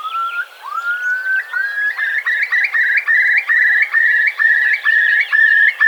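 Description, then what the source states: Eurasian curlew bubbling call: a few rising whistled notes that build into a rhythmic series of repeated whistled notes, held steady and loud to the end. Famous eerie call, to be heard at estuaries; World Curlew Day 2020.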